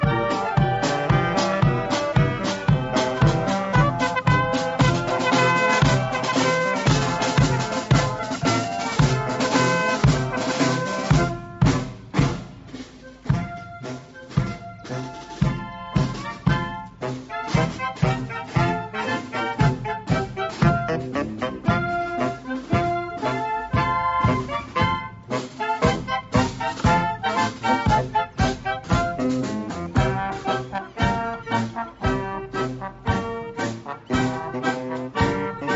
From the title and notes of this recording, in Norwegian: Mini-borgartog i Leirvik. Nasjonaldagen 2020 vart veldig spesiell i Leirvik, sidan det nesten ikkje var folk å sjå samanlikna med det som er vanleg. Likevel vart det eit slags mini-borgartog med 40 personar.